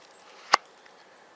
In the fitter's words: that sucker just pops into place because like I said